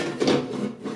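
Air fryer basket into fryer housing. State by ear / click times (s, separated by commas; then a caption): not seated / none. A plastic, non-stick food basket of a Black+Decker HF110SBD 2-liter oil-free air fryer is handled and slid toward the fryer housing, giving a brief scraping, rubbing sound that peaks around 0.2–0.4 s and then trails off. The basket has not yet seated or clicked into place in the unit.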